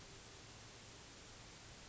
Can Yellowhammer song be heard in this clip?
no